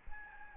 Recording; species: mosquito wingbeat signal from an infrared sensor; Aedes albopictus